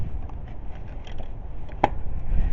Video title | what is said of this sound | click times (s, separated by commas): Chrysler Grand Voyager Town and Country 2005 Radiator Thermostat modification | there we go perfect you heard it click which is the metal hitting against our | 1.8 s